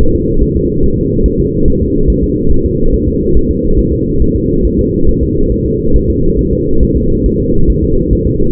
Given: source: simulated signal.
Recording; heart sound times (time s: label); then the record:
fetal heart sounds
0.01 s: S1
0.15 s: S2
0.43 s: S1
0.57 s: S2
0.84 s: S1
0.98 s: S2
1.26 s: S1
1.40 s: S2
1.68 s: S1
1.82 s: S2
2.10 s: S1
2.24 s: S2
2.52 s: S1
2.66 s: S2
2.94 s: S1
3.08 s: S2
3.37 s: S1
3.51 s: S2
3.79 s: S1
3.93 s: S2
4.22 s: S1
4.36 s: S2
4.65 s: S1
4.79 s: S2
5.09 s: S1
5.23 s: S2
5.52 s: S1
5.66 s: S2
5.96 s: S1
6.10 s: S2
6.39 s: S1
6.53 s: S2
6.83 s: S1
6.97 s: S2
7.26 s: S1
7.40 s: S2
7.70 s: S1
7.84 s: S2
8.13 s: S1
8.27 s: S2
From the record:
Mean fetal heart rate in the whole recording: 140 bpm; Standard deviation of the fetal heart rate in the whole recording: 2 bpm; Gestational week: 34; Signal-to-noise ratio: -17.7 dB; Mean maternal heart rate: 72 bpm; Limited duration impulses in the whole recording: present